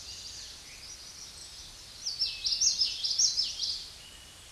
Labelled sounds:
Common Yellowthroat song
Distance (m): 15 m
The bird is about 10 m above the microphone
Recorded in a Pennsylvania forest on 16 May 2024 at 08:30
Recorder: AudioMoth, point MSD-1342
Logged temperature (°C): 15.5 °C
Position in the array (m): 236 m, 177 m

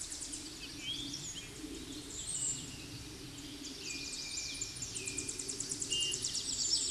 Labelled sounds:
Tennessee Warbler song
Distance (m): 40 m
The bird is about 20 m above the microphone
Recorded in a Pennsylvania forest on 16 May 2024 at 07:36
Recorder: AudioMoth, point MSD-2061
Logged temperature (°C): 16.1 °C
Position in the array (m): 213 m, 159 m

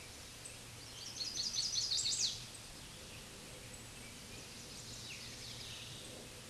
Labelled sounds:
Chestnut-sided Warbler song
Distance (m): 30 m
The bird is about 25 m above the microphone
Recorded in a Pennsylvania forest on 16 May 2024 at 09:23
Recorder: AudioMoth, point MSD-0178
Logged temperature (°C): 15.3 °C
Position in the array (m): 67 m, 62 m

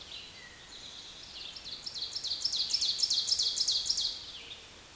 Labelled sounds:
Ovenbird song
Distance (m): 20 m
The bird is about 10 m above the microphone
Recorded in a Pennsylvania forest on 16 May 2024 at 06:28
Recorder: AudioMoth, point MSD-2287
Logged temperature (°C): 11.2 °C
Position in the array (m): 136 m, 4 m

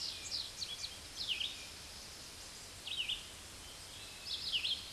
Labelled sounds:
Red-eyed Vireo song
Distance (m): 30 m
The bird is about 20 m above the microphone
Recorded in a Pennsylvania forest on 16 May 2024 at 06:40
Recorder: AudioMoth, point MSD-2201
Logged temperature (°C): 15.5 °C
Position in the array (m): 165 m, 73 m

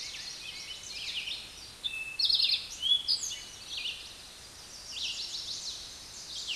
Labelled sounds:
Eastern Towhee song
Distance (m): 30 m
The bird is about 20 m above the microphone
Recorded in a Pennsylvania forest on 16 May 2024 at 08:55
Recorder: AudioMoth, point MSD-2058
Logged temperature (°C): 11.8 °C
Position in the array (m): 60 m, 14 m

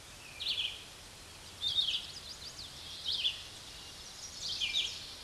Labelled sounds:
Red-eyed Vireo song
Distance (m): 25 m
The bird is about 20 m above the microphone
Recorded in a Pennsylvania forest on 16 May 2024 at 06:38
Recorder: AudioMoth, point MSD-2258
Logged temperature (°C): 15.2 °C
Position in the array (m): 165 m, 72 m

